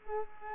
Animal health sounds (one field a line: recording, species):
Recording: mosquito wingbeat signal from an infrared sensor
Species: Culex quinquefasciatus